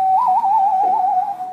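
Loon giving a sustained, mid-pitched wailing note that wavers slightly as it holds steady, then fades.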